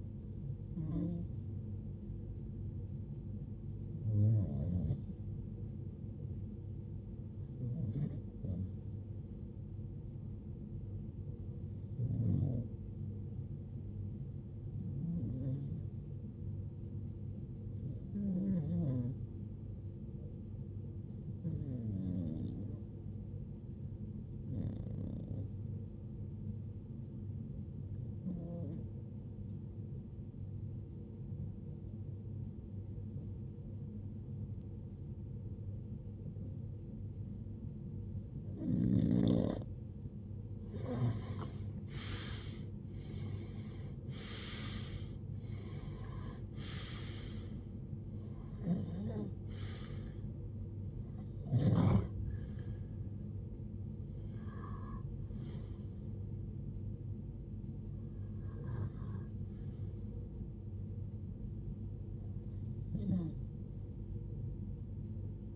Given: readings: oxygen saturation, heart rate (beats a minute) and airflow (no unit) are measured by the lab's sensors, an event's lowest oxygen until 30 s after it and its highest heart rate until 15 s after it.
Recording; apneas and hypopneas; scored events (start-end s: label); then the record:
breathing in sleep by a smartphone at the bedside; 1
15.00-45.50 s: hypopnea (REM, oxygen 95% highest, then 93% lowest, heart rate 75 at the start, 76 highest)
From the record:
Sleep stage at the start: REM sleep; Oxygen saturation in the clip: 88 to 95%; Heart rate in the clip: 55 to 76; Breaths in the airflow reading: 20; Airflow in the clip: -19.0 to 16.4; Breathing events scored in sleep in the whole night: 389 in 6.3 hours asleep